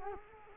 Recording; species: mosquito wingbeat signal from an infrared sensor; Culex quinquefasciatus